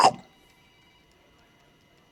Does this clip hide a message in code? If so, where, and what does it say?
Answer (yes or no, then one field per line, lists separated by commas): no